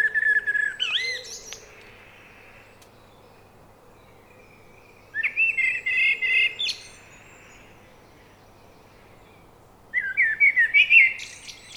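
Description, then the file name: Common blackbird singing three mellow, fluted phrases several seconds apart, each closing with a thin, high-pitched twitter, against a faint steady background hiss. "Turdus merula"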